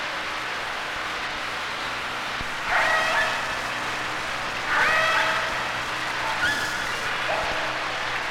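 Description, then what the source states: Killer whale pulsed calls, three squealing bursts about two seconds apart, each with stacked tones, over a constant hiss of water noise. Recorded at sea.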